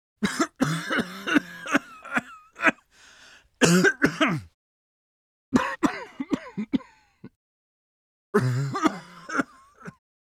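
Four bouts of harsh, voiced coughing from an adult, each a quick run of sharp bursts with throaty, groaning tails and pauses in between. The coughs sound rough and partly like throat clearing.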